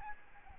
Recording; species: mosquito wingbeat signal from an infrared sensor; Aedes albopictus